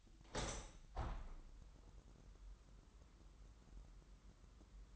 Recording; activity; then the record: daily activity, microphone in the room; open window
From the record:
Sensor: 3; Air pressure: 998.6 hPa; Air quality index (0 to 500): 133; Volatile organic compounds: 4 ppm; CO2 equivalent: 1591 ppm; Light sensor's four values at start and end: 8/19/8/8 and 8/20/8/9